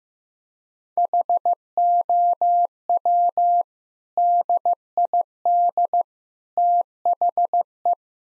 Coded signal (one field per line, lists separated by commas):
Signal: Morse code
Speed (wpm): 15 wpm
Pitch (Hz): 700 Hz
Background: none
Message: HOW DID THE